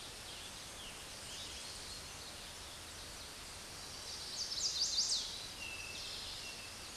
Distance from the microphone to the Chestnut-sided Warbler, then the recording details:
about 10 m. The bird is about level with the microphone. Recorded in a Pennsylvania forest on 16 May 2024 at 06:27. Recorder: AudioMoth, point MSD-1849. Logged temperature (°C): 12.1 °C. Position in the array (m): 35 m, 29 m